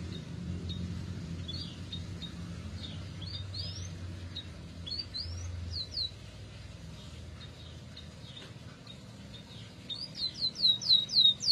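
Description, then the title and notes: Canary singing faint, scattered rising and falling notes at first, then breaking into a fast, loud, repeated trill near the end. F1 canary; therapy recording to prompt a canary that has stopped singing (Indonesian: kenari macet). "TERAPI KENARI MACET. Kenari F1"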